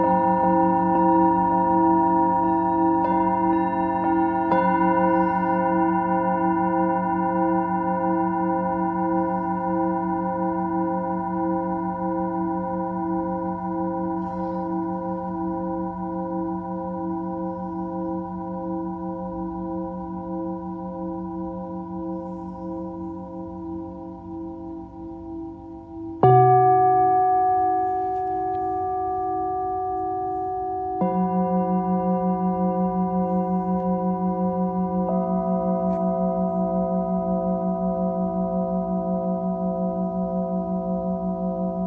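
A singing bowl vibrates with a steady, ringing hum made of several layered tones, with a slow wavering pulse running through them. The sound swells slightly around 3 and 5 seconds, fades gradually, then is struck again near 26 seconds, with another shift in tone around 31 seconds.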